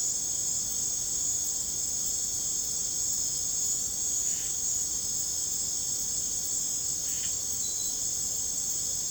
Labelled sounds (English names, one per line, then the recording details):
none
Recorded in secondary vegetation near Puerto Asís, Putumayo, Colombia, on 20 December 2024 at 20:00
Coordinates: 0.489, -76.322
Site G059